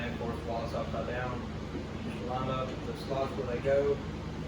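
Someone talks while the plastic base of an automatic poultry waterer is lined up by its slots onto the reservoir, with the waterer held upside down. Soft handling sounds are heard under the talking, with a steady background hum. Nothing has seated or clicked yet.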